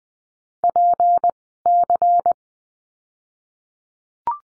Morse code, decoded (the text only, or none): PC